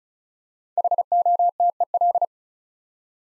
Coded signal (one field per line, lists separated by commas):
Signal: Morse code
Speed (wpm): 36 wpm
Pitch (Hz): 700 Hz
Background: none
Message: HOTEL